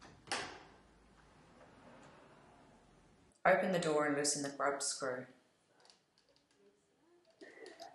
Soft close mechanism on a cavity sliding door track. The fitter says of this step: Gently slide the door closed. You will hear a click as the soft stop charges.